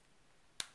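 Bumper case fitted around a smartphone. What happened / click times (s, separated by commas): The case snapped over the phone's edge / 0.6 s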